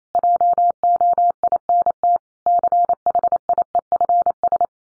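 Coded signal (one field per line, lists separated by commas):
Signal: Morse code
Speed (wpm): 28 wpm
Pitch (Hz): 700 Hz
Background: none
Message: JOINT CHIEFS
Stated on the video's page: Morse code head-copy drill at 28 wpm: sets of common five-word English n-grams, each sent, spoken, then sent again.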